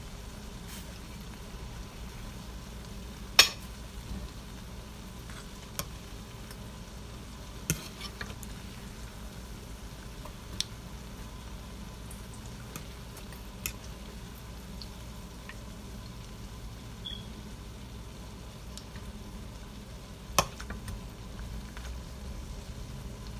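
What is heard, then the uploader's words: Fried cookies and funnel sticks cook in hot oil, a steady low crackle and hiss running through the whole recording. Sharper clicks and taps of utensils pop out every few seconds, loudest near 3 and 20 seconds, with a soft hum underneath. First time cooking A S M R. Fried Oreos and funnel sticks ASMR style.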